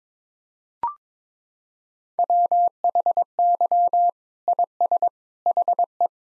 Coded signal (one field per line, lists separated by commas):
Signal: Morse code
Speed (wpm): 22 wpm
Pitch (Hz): 700 Hz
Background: none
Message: WHY IS HE